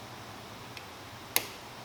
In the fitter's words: should hear click and then you're going to take the newer looking one